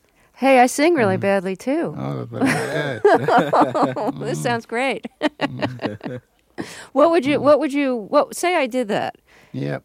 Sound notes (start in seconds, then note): 2.4 laughter; 5.2 laughs